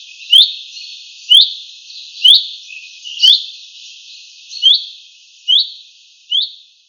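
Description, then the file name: Common chaffinch repeating a quick upward-sweeping whistle about once a second, seven calls in all, the last few slightly softer. "Fringilla coelebs"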